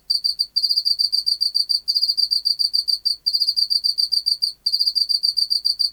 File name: Teleogryllus oceanicus